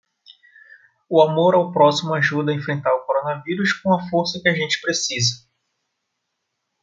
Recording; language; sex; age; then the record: spoken sentence; Brazilian Portuguese; male; 30 to 39 years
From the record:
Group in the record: control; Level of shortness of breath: 0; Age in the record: 31 years